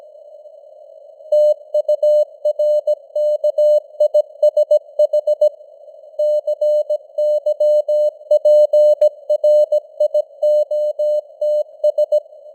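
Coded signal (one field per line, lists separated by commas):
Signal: Morse code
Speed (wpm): 17 wpm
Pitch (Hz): 600 Hz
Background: none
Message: TURKISH CYPRIOTS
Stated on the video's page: News headlines in Morse at 17 wpm with simulated radio noise and varying signal strength (QSB).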